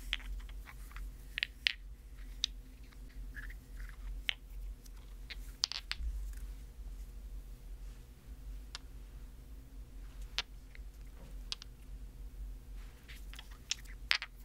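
Scattered sharp taps and small scratches, irregular but frequent, with brighter clusters near the start, around six seconds, and toward the end. A steady low hum runs underneath the whole time.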